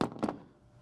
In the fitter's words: connector goes back on only goes one way listen for the click there you go